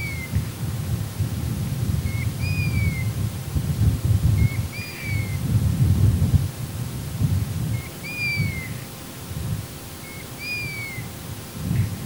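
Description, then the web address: Golden plover repeating mournful downslurred whistles, each preceded by a short pip, several times with loud low-pitched rumbling throughout. "Piviere dorato"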